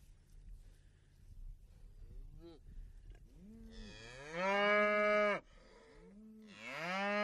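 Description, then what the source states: Cow lowing: a faint short moo, then several longer moos, one loud and drawn out, over faint low background noise. Field of cows grazing.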